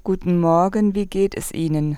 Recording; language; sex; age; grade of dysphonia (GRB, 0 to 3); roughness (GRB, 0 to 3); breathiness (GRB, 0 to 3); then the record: spoken sentence; German; female; 50 to 59 years; 2; 1; 1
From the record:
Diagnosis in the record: hyperfunctional dysphonia, dysodia (singing voice disorder); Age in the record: 53 years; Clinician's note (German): Hyperfunktionelle Dysphonie + Dysodie